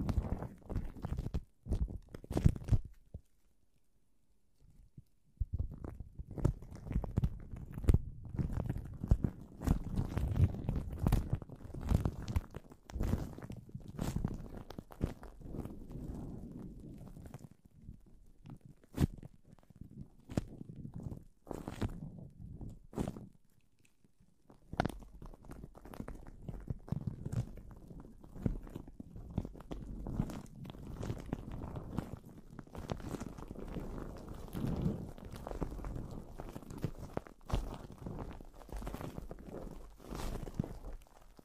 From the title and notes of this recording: PLASTIC WRAP ON THE MIC (EXTRA TINGLY).